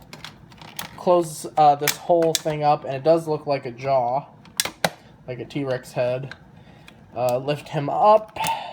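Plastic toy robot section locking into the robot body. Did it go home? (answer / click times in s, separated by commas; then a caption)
no / none. Someone talks while handling a plastic DX Titano Charge Megazord toy robot from Power Rangers Dino Super Charge, closing up a section shaped like a T-Rex jaw and lifting it up toward the robot body. Short plastic clicks and taps are heard, with two sharper snaps near 4.6 and 4.9 seconds, but the section has not yet locked into place.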